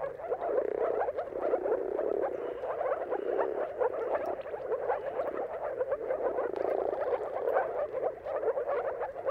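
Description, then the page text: Moor frog chorus of many overlapping low, bubbling calls, continuous and evenly paced, swelling slightly now and then. Chorus of many moor frogs giving mating calls at sunrise, at the turn of March and April depending on weather. "Jakub-Orzecki moor frogs. Dawn’s Chorus: Mating Calls of Marsh Frogs at Sunrise. Depending on the weather at the turn of March and April, you can witness an amazing spectacle of moor frogs"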